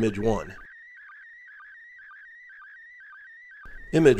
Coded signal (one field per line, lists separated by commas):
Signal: SSTV (slow-scan television)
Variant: PD 120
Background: speech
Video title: International Space Station - Slow Scan Television - December 2021